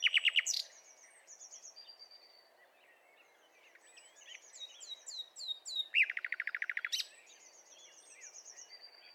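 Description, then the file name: Common nightingale song opens with a brief loud rattle, moves into soft varied whistles and sliding notes, then delivers a second rapid, evenly repeated trill of about a second before quieter phrases. "Luscinia megarhynchos"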